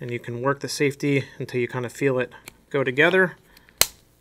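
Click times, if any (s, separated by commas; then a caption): 3.8 s. Someone talks while the left half of a sleeved ambidextrous thumb safety is worked onto the right half on a pistol frame, with the detent held in. After a couple of faint ticks, one sharp metal snap at 3.8 s marks the safety snapping into place.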